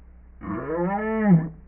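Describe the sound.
Whale call, a single low, tonal moan with rich harmonics that rises slightly, holds, then bends down and swells before ending abruptly after about a second.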